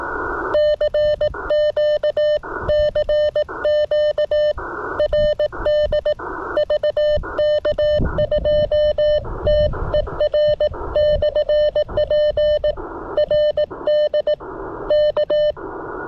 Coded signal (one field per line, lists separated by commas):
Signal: Morse code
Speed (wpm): 18 wpm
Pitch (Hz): 590 Hz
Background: none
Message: CQ CQ RD VK2TER/P RD K